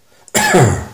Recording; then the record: coughing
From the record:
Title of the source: Mid-morning Winter Coughing Fit